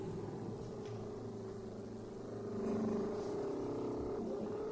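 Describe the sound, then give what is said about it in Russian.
A steady, low droning rumble of vehicle engines hums throughout, with layered tonal overtones, swelling slightly louder midway before settling back to an even, continuous growl. No voices are heard. “О, чуешь? Гудуть машины.”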